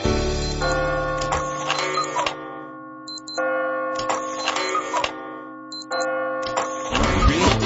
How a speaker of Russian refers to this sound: Танцевала с принцем Улюшка и не заметила, как часы стали бить 9 вечера.